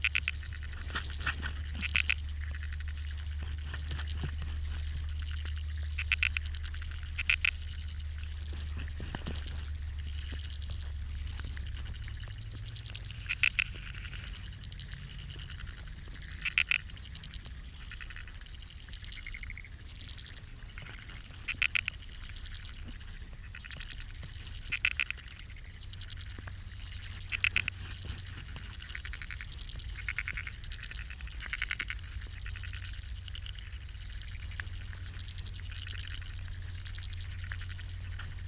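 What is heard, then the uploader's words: Aquatic insects in a wetland give short, bright chirps every few seconds over a faint, fizzing bed of small ticks and rustles. A steady low rumble, like motorway traffic or wind, runs underneath throughout and drops away slightly after about twelve seconds. Kiama. Aquatic insects sing in the wetland by the Princes Motorway, reeds rub together..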